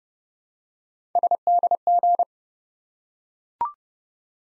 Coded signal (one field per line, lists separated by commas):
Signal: Morse code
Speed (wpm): 30 wpm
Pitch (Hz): 700 Hz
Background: none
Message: SDG